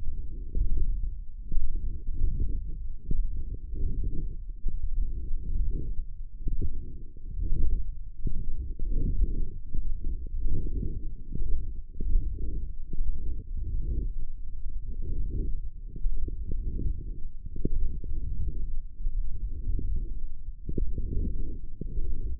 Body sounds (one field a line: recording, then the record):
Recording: forearm muscle sounds (acoustic myography)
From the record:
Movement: wrist extension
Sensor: system 1, eight BSWA MPA416 microphones around the upper forearm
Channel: 5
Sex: female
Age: 20 years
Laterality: right